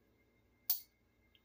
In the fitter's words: here that snap